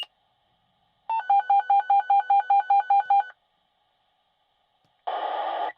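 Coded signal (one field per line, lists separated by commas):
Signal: pager alert tone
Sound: quick two-pitch warble alternating for about two seconds, then a brief burst of hiss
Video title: Fire Department Dispatch Pager - Sound effect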